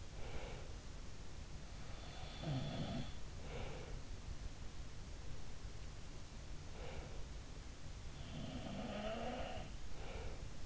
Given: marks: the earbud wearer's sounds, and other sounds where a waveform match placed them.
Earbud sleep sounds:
sounds in sleep by an in-ear microphone; breath
0.00-0.81 s: breath
2.12-3.16 s: sound from someone else or the room
3.36-4.20 s: breath
6.54-7.34 s: breath
8.39-9.71 s: sound from someone else or the room
9.84-10.66 s: breath

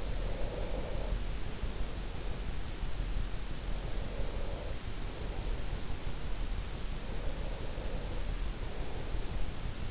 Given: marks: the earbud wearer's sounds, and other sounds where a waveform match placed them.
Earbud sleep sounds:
sounds in sleep by an in-ear microphone; breath
0.00-2.57 s: breath
3.74-6.30 s: breath
7.13-9.64 s: breath

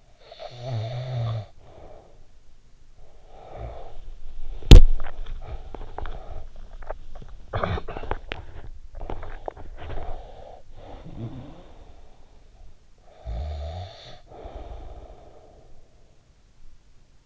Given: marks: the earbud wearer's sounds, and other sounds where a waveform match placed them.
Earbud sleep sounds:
sounds in sleep by an in-ear microphone; snoring breath, teeth grinding, cough or throat clearing or sniffle
0.00-2.76 s: snoring breath
3.09-4.35 s: snoring breath
4.58-7.34 s: teeth grinding
7.44-8.25 s: cough or throat clearing or sniffle
8.62-10.62 s: teeth grinding
10.62-12.19 s: snoring breath
13.00-16.35 s: snoring breath

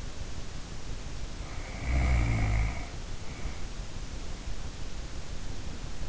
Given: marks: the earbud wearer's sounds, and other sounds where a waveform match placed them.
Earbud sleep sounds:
sounds in sleep by an in-ear microphone; snoring breath
1.30-3.70 s: snoring breath

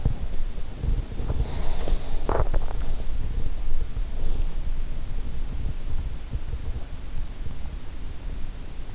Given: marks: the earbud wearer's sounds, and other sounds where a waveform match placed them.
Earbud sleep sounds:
sounds in sleep by an in-ear microphone; body movement
0.00-3.36 s: body movement

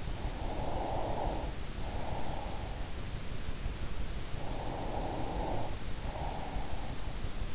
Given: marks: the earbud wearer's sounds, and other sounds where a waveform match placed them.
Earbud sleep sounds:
sounds in sleep by an in-ear microphone; breath
0.09-2.99 s: breath
4.07-7.55 s: breath

